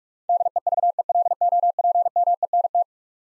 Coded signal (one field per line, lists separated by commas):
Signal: Morse code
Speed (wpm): 45 wpm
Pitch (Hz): 700 Hz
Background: none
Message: DEVELOPMENT